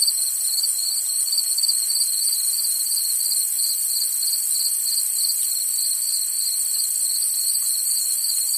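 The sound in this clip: Cricket chirping, a steady high-pitched pulsed trill of about three pulses per second that runs unbroken throughout, over a constant bright hiss.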